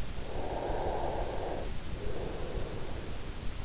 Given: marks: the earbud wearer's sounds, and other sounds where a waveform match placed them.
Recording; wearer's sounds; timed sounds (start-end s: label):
sounds in sleep by an in-ear microphone; breath
0.28-3.28 s: breath